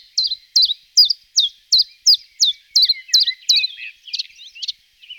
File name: Golosa ptic - Penochka-tenkovka Phylloscopus collybita